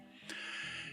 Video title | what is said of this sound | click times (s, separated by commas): Zero Tolerance 0450 Sinkevitch Titanium Small | there we are to get a good secure lock | 0.3 s